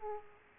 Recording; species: mosquito wingbeat signal from an infrared sensor; Aedes aegypti